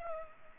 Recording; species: mosquito wingbeat signal from an infrared sensor; Culex pipiens